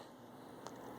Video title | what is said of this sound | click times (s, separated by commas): Hanging out with Robert DIY, 8/23/2015 B - VOTD | now that snap back in place | 0.7 s